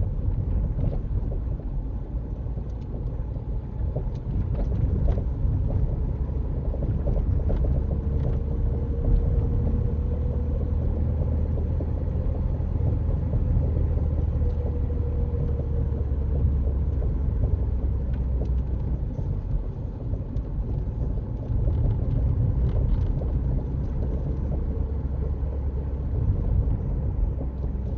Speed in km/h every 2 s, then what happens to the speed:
31, 34, 37, 40, 42, 44, 42, 39, 35, 32, 32, 37, 35, 37.
0-10 speeds up to 44. 10-18 slows to 32.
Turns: none.